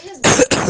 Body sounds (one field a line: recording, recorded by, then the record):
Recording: voluntary cough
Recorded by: messaging app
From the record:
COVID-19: positive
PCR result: self-reported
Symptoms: no